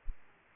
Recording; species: mosquito wingbeat signal from an infrared sensor; Aedes aegypti